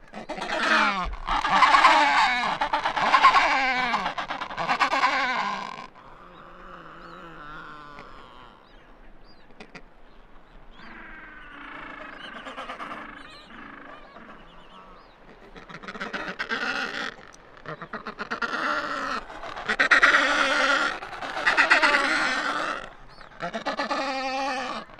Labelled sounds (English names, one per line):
Adelie Penguin call